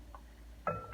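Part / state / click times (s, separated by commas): folding knife blade into its lock / seated / 0.7 s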